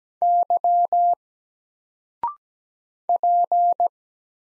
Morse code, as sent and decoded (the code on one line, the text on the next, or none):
-.-- / .--.
Y P